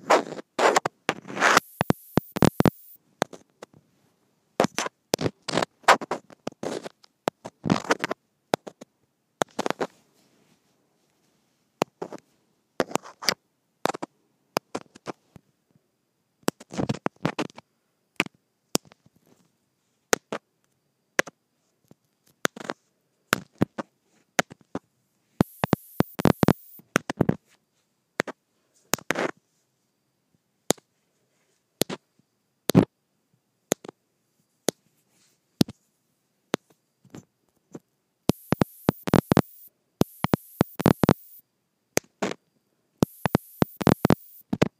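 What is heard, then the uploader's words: A microphone taps against plastic in sharp, dry clicks, arriving in irregular bursts separated by short silences. Some stretches bunch into rapid clusters, especially around 25 and 39 seconds, while others thin to single taps. Between taps there is near silence. Microphone Tapping Against Plastic.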